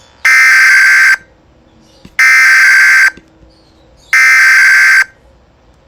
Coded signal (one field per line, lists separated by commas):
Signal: Emergency Alert System (SAME) tones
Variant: header bursts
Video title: PWS SOUNDING MESSAGE WITH EAS TONE